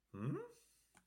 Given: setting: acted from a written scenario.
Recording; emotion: vocal sound without words; confusion